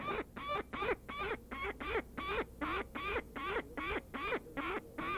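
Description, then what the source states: Peregrine falcon territorial calling, a rapid series of harsh, rasping notes repeated about two to three times per second in a steady run. Given when a predator or human comes near the nest in breeding season; birds fly high and stoop past the intruder to drive it away.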